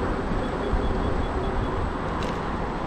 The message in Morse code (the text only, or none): none